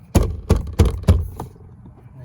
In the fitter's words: the baby just snaps right into it